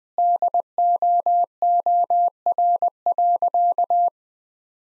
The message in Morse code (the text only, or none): DOOR.